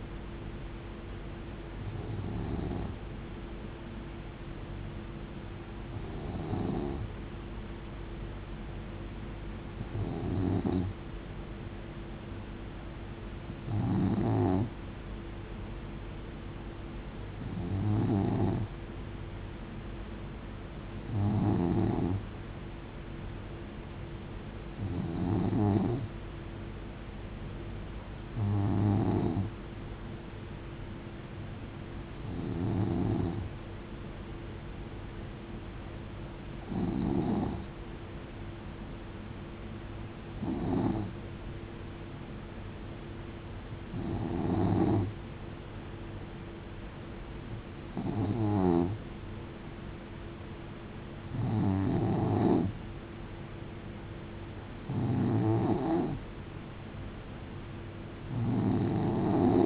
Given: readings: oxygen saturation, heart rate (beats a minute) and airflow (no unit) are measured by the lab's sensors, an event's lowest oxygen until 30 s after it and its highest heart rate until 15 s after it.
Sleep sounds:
breathing in sleep by a voice recorder at the bedside; none
none scored
From the record:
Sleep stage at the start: N2 (light sleep); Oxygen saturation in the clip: 92 to 93%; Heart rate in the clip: 64 to 73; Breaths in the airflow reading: 15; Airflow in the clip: -5.2 to 3.5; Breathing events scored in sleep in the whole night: 389 in 6.3 hours asleep

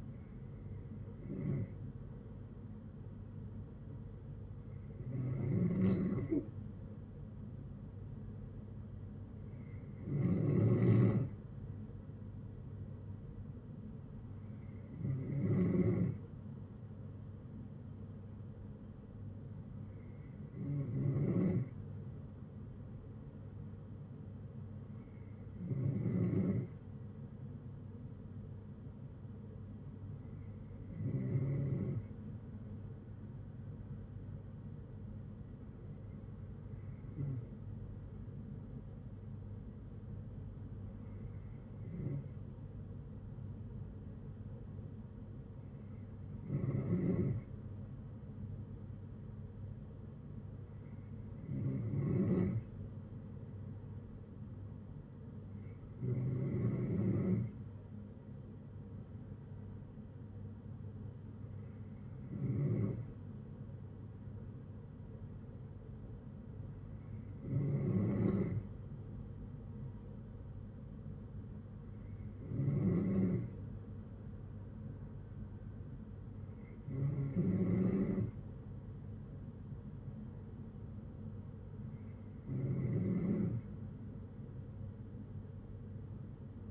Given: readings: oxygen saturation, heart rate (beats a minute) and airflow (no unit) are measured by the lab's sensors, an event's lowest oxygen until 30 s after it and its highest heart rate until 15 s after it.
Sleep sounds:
breathing in sleep by a smartphone at the bedside; none
85.00-86.71 s: new sleep stage, N3 (deep sleep)
From the record:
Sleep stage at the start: N2 (light sleep); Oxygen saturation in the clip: 93 to 94%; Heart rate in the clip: 57 to 67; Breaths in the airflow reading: 17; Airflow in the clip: -8.8 to 5.1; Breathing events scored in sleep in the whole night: 182 in 7.4 hours asleep

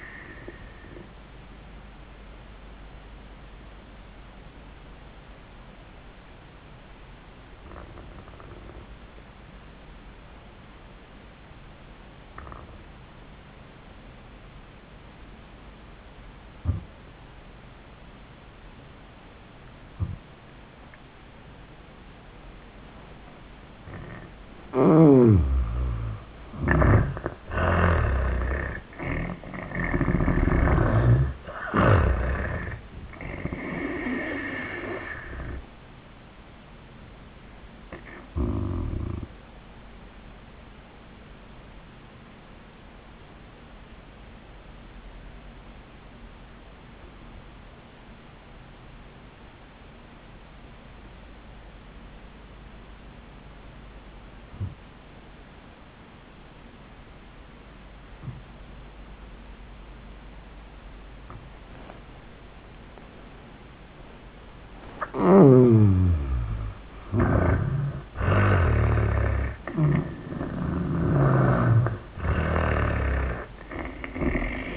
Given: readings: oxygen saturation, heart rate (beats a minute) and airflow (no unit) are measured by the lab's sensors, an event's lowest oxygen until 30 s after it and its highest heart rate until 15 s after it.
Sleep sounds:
breathing in sleep by a voice recorder at the bedside; 2
4.00-25.30 s: obstructive apnea (N2, oxygen 97% highest, then 77% lowest, heart rate 88 at the start, 93 highest)
31.00-74.77 s: new sleep stage, N1 (lightest sleep)
40.00-66.40 s: hypopnea (N1, oxygen 96% highest, then 75% lowest, heart rate 93 at the start, 96 highest)
From the record:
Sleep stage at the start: N2 (light sleep); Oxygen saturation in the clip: 77 to 97%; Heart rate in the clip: 72 to 94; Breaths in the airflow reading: 4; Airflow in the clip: -24.2 to 29.4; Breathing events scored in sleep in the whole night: 400 in 8.7 hours asleep

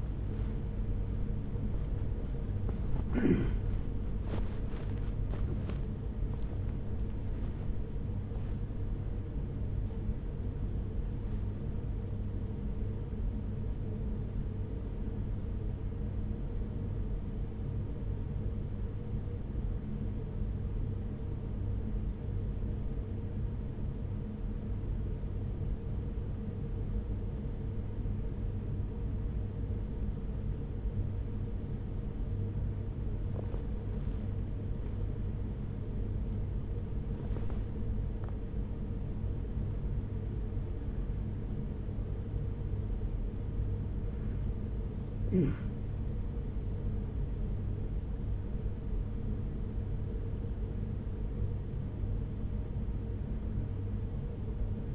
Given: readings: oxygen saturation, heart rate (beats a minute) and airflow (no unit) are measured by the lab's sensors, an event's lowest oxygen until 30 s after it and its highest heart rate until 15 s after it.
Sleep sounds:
a person awake in a sleep study, by a smartphone at the bedside; 1
0.00-54.95 s: awake
18.00-43.10 s: hypopnea (scored as awake, oxygen 96% highest, then 94% lowest, heart rate 71 at the start, 73 highest)
From the record:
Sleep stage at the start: awake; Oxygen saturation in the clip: 94 to 96%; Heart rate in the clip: 52 to 76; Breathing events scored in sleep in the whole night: 210 in 6.9 hours asleep

